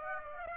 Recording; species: mosquito wingbeat signal from an infrared sensor; Aedes aegypti